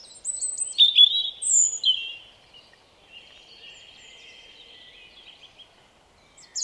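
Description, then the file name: European robin: a short phrase of high, sweet notes, then a long faint thin trill. "Erithacus rubecula"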